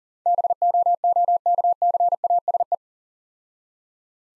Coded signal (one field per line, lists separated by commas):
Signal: Morse code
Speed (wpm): 41 wpm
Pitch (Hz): 700 Hz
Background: none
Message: BOOKCASE